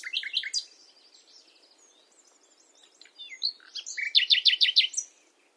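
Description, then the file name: Common nightingale song: a few loud chirps, a soft thin twittering run, then a loud burst of fast repeated notes near the end. "Luscinia megarhynchos"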